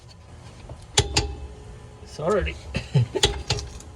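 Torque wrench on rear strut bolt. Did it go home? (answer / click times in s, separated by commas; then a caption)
yes / 1.0 s, 1.2 s. A torque wrench set to 59 ft-lb on a rear strut bolt of a 2014 Corolla clicks almost at once, with sharp clicks at 1.0 s and 1.2 s, confirming the bolt was already tight. Someone talks, and a few more sharp ticks follow near 3.2 s and 3.5 s.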